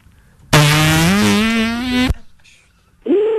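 A loud, drawn-out, buzzy fart with a steady low pitch that creeps slightly upward over about a second and a half, followed after a pause by a short second burst.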